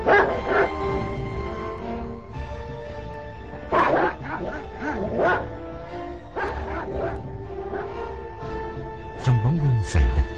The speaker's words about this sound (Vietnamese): Con chó nhà hàng xóm thì cứ lao tới phía ông mà sủa, rồi lại lùi ra xa gầm gừ và lại chồm tới